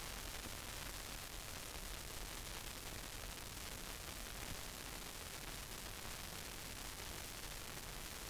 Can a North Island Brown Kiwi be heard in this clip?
no